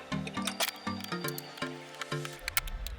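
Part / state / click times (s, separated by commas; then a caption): power supply cable connector into motherboard socket / not seated / none. A power supply cable connector is handled at its socket on the motherboard, to be pushed in until it clicks and its plastic latch hooks lock. Music plays throughout, with a few short handling taps near 0.5, 2.0, 2.5 and 2.6 seconds. Nothing has seated or clicked yet.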